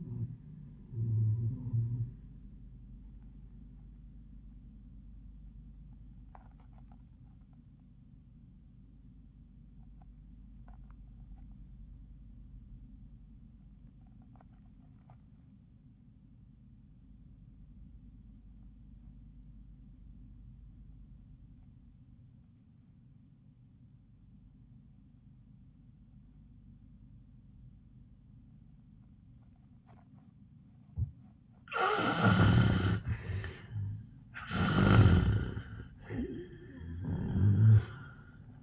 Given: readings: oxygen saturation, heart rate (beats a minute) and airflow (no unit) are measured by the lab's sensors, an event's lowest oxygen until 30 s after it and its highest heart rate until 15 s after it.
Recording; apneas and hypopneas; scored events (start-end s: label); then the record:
breathing in sleep by a smartphone at the bedside; 1
5.00-32.30 s: obstructive apnea (REM, oxygen 86% highest, then 62% lowest, heart rate 75 at the start, 94 highest)
From the record:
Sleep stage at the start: REM sleep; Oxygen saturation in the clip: 59 to 86%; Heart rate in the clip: 61 to 96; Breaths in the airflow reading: 2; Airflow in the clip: -19.7 to 10.2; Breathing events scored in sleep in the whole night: 400 in 8.7 hours asleep